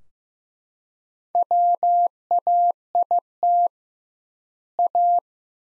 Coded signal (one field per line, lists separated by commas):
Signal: Morse code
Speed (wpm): 15 wpm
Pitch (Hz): 700 Hz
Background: none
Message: WAIT A